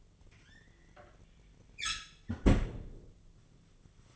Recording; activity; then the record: daily activity, microphone in the room; close fridge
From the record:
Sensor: 4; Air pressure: 1010.5 hPa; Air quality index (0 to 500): 178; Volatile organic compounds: 5 ppm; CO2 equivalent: 1804 ppm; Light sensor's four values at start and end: 26/80/31/31 and 32/95/37/37